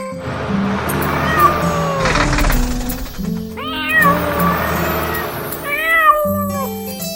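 A kitten meows repeatedly, with several high, wavering cries that rise and fall in pitch over a steady musical backing.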